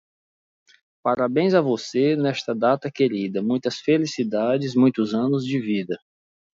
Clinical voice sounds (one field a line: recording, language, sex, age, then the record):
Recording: short text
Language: Brazilian Portuguese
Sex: male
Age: 40 to 49 years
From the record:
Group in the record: control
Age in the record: 44 years